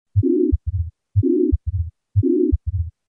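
Ventricular septal defect heard through a stethoscope: a regular rhythm at about 60 beats per minute, with a steady, harsh, mid-pitched murmur filling systole from the first heart sound to the second, followed by a brief low-pitched sound in early diastole.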